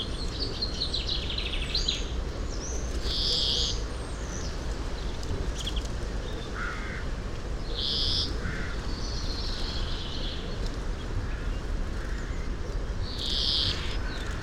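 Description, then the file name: European greenfinch repeating a buzzy, wheezing note roughly every five seconds, with lower, shorter notes in between and a continuous low rumble. "Chloris chloris"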